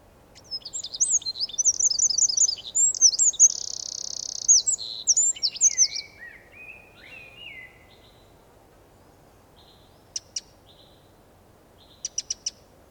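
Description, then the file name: Eurasian wren song: an energetic high trilling, twittering outburst lasting about six seconds, with lower warbled phrases, followed by silence and two brief bursts of hard clicking notes. "Troglodytes troglodytes"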